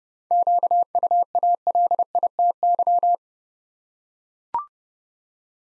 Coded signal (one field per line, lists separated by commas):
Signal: Morse code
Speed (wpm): 30 wpm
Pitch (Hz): 700 Hz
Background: none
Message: QUALITY